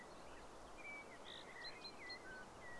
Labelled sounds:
Common Chaffinch (Fringilla coelebs)
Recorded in Germany
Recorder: ecoPi

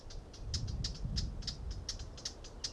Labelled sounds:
Eurasian Blackcap (Sylvia atricapilla)
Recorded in Germany
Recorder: ecoPi

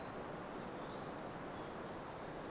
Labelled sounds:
Common Chiffchaff (Phylloscopus collybita)
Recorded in Germany
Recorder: ecoPi

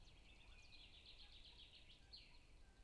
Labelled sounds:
Common Chaffinch (Fringilla coelebs)
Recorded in Germany
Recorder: ecoPi

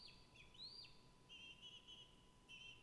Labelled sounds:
Song Thrush (Turdus philomelos)
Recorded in Germany
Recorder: ecoPi

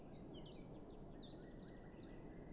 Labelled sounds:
Common Chiffchaff (Phylloscopus collybita)
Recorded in Germany
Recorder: ecoPi

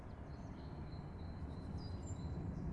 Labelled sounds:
Great Tit (Parus major)
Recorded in Germany
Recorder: ecoPi

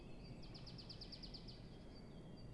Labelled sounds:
Great Tit (Parus major)
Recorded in Germany
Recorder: ecoPi

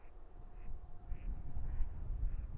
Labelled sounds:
Mallard (Anas platyrhynchos)
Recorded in Germany
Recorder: ecoPi

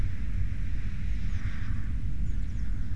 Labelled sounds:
Eurasian Blue Tit (Cyanistes caeruleus)
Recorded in Germany
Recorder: ecoPi

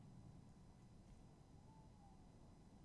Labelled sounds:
Tawny Owl (Strix aluco)
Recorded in Germany
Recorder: ecoPi

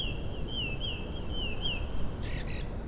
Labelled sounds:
Song Thrush (Turdus philomelos)
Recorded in Germany
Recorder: ecoPi

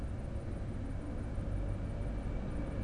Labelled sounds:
none
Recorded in Germany
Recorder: ecoPi

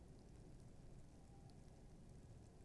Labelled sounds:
Tawny Owl (Strix aluco)
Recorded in Germany
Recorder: ecoPi

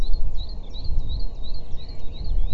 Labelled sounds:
Great Tit (Parus major)
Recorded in Germany
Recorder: ecoPi

